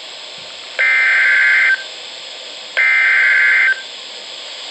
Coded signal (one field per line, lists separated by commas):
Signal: Emergency Alert System (SAME) tones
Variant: header bursts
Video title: NOAA Weather Radio EAS #440: Flash Flood Warning